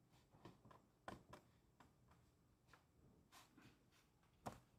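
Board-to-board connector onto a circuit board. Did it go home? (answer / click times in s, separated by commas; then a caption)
no / none. A board-to-board connector is pressed onto a circuit board or module in the wrong spot, so it does not snap home. A few short, light ticks and knocks are heard, the loudest near 1.1 s and 4.5 s, against a quiet background. Nothing has seated or clicked yet.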